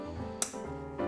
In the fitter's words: Ouais, ça se clipse.